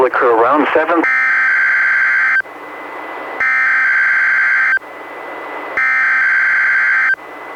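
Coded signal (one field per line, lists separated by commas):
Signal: Emergency Alert System (SAME) tones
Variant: header bursts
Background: speech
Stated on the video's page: Weekly test issued by the weather service and relayed by a NOAA Weather Radio station, received on a Reecom R-1630 weather radio and recorded with a Zoom H1.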